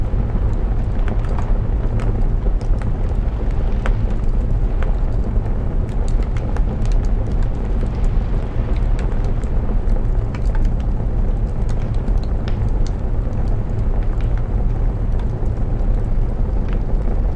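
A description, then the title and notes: A fireplace crackles steadily over a deep, constant roar. Sharp pops and snaps arrive every fraction of a second throughout, some brighter than others, while the low rumble beneath stays even and never lets up. A secluded log cabin, a hidden gem in the breathtaking wilderness of Hvolsvöllur, Iceland. A Cozy Cabin Fireplace Ambience. The fireplace's crackling ambience.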